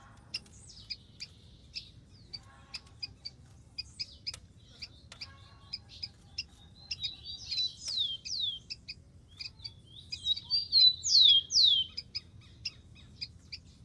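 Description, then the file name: Rufous-collared sparrow song after a stretch of scattered ticks: two phrases of whistles and sharply falling slurred notes, the second louder. "canto do tico tico"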